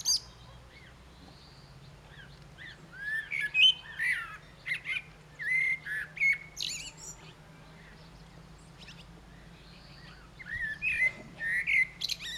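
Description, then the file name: Common blackbird song in two bursts of whistled and squeaky notes separated by a quiet pause, over a low steady hum. "Turdus merula"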